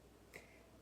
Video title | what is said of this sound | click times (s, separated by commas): Kelly Loves Tupperware: Tupperware Fusion Master Demo | And then this snaps into place, see? | 0.4 s